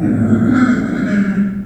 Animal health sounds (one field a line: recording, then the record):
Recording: squeal of a Yucatan mini pig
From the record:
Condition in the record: after surgery on the right vocal fold (resection and tissue-engineered implant)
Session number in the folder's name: 3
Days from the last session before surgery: 21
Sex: female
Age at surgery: 19 weeks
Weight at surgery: 25 kg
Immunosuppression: prednisolone